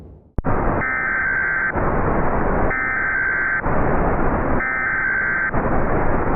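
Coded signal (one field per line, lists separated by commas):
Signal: Emergency Alert System (SAME) tones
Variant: header bursts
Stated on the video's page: Fictional EAS scenario, a made-up alert.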